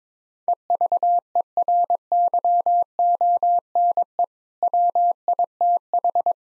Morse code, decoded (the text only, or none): EVERYONE WITH